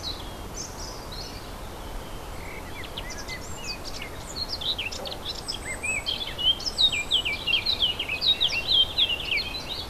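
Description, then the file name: Warbler song starts as scattered faint high chips, then becomes a lively, scratchy twittering warble over the second half, with steady outdoor background noise. Recorded 4 May 2011 with an MZ-N710 recorder. "fauvettes 4 05 11"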